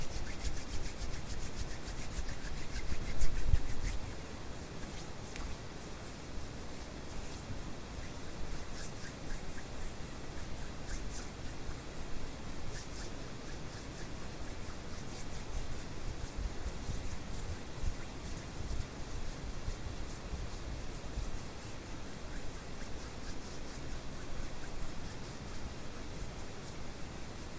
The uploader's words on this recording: HAND SOUNDS ASMR NO TALKING, WHITE NOISE FOR SLEEPING, HAND SOUNDS WITH WHITE NOISE.